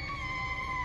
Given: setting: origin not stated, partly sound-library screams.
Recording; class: one-second piece from a danger detection set; woman in danger